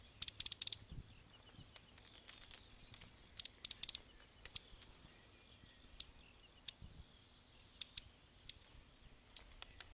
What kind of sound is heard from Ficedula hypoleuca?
alarm call